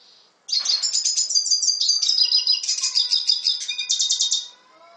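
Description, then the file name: Red siskin singing a continuous four-second stream of fast, high, twittering and buzzy notes, with thin whistled tones running underneath. "Canto del Cardenalito"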